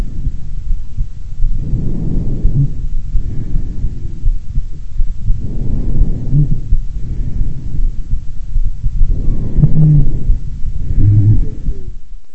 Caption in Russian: Другой вариант сухих басовых хрипов. Басовые хрипы наиболее часто выслушиваются у пациентов с бронхитом.